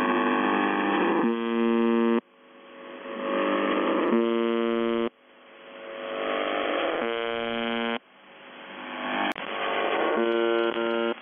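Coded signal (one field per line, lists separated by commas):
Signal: channel marker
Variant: UVB-76 (The Buzzer)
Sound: hiss then a harsh low buzz about 1 second long, repeated four times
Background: radio static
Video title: The Buzzer/UVB-76(4625Khz) May 24, 2021 Voice messages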